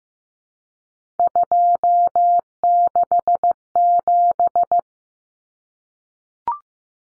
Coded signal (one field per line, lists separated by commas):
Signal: Morse code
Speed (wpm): 15 wpm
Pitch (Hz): 700 Hz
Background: none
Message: 267